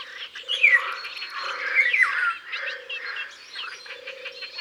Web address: Loriot-d Europe. abc de la nature